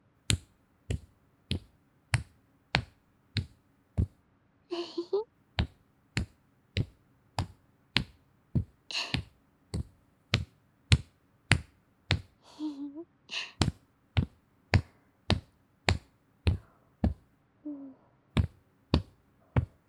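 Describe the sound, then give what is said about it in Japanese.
Steady, crisp tapping on the neck and shoulders, about two light pats per second in an even rhythm, with a few soft breathy sighs or murmurs mixed in between. “首の周りをトントントンタンって叩いて、血行とかも良くしていこうね。”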